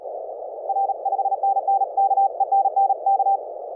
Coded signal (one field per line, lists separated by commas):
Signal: Morse code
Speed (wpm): 38 wpm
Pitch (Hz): 790 Hz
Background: none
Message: R 5NN K ENN K